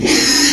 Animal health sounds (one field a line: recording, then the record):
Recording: squeal of a Yucatan mini pig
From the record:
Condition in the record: after surgery on the right vocal fold (resection and tissue-engineered implant)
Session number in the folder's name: 2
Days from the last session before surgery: 13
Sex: male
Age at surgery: 12 weeks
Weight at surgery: 13 kg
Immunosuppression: cyclosporine, prednisolone